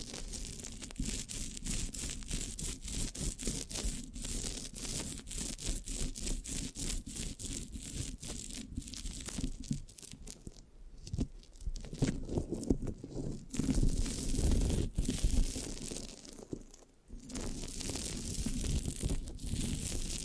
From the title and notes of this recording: ASMR Giving You a Brain Peel Mic Scratching, Sticky, Brain Massage Triggers (No Talking).